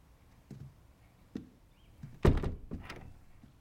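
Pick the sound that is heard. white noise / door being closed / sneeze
door being closed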